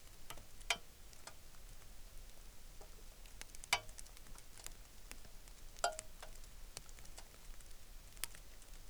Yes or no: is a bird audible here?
no